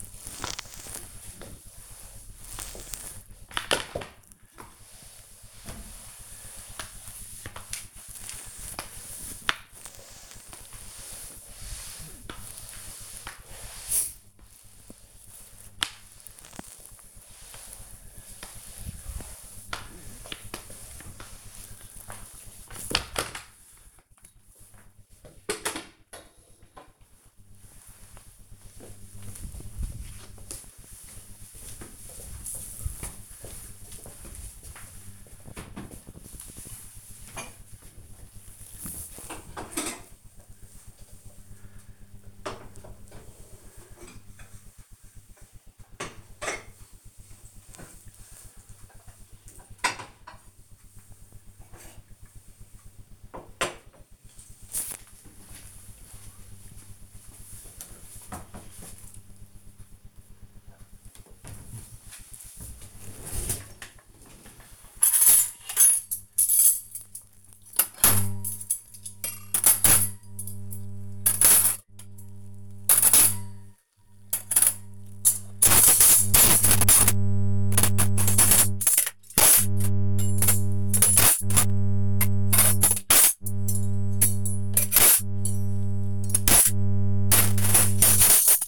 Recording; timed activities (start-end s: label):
household activities, microphone on the right wrist
0.00-23.31 s: floor cleaning
60.58-88.68 s: putting away the dishes